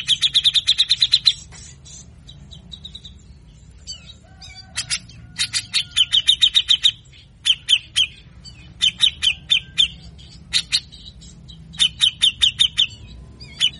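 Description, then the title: Grey-cheeked Bulbul singing harsh, rasping notes in short bursts: a fast chattering run, pauses, scattered clicks, then repeated groups of buzzy chirps. Long, harsh full song of a lively singing bird, used as a training recording to provoke caged birds and stir silent ones to sing. "MASTERAN CUCAK JENGGOT GACOR FULL BESETAN KASAR DURASI PANJANG. Cucak Jenggot Ngepik Ngepik Efektif Pancing Emosi Cucak Jenggot Macet Bunyi"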